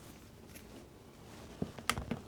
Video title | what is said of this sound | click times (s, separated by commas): Building an Off-Site NAS Backup Server, part 2A | And it clicked. | 1.9 s